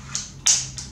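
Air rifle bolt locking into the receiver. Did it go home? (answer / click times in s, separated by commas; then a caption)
yes / 0.5 s. The bolt of a P10 bullpup PCP air rifle (5.5 and 6.35 calibre) is closed again into the receiver, giving a sharp, bright locking click at 0.5 s. Fainter ticks come just before and after it, at 0.2 s and 0.8 s. The click shows the bolt is fully home and locked.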